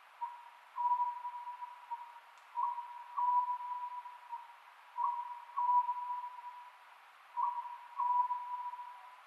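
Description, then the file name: Oriental scops owl repeating its phrase of a short hoot and a prolonged note, evenly spaced about every two and a half seconds. Recorded 27 May 2010 at 22:21. "konohazuku-20100527-2221"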